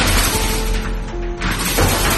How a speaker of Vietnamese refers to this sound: Tiếng cửa sắt cứ sòng sọc da vào nhau trong màn đêm yên tĩnh, nghe thật khó chịu.